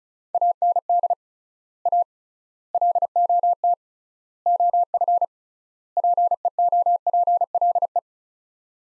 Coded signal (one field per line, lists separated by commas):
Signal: Morse code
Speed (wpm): 34 wpm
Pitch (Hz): 700 Hz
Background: none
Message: AND A LOT OF PEOPLE